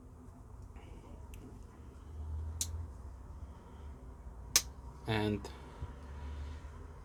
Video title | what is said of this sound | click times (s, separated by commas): ROUGH RYDER RESERVE EZ OPEN TAN MICARTA SWAYBACK JACK | And you probably did hear the snap on this. | 2.6 s, 4.6 s